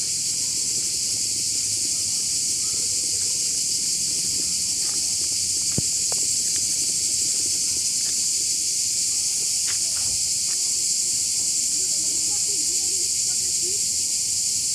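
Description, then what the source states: Cicadas in chorus, a steady dense high buzzing hiss that never pauses, many insects overlapping; a few faint clicks and a soft low rumble underneath. Numerous cicadas calling from all directions at an artificial lake in Tirana, Albania; recorded standing in the centre of a dirt road.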